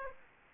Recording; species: mosquito wingbeat signal from an infrared sensor; Aedes aegypti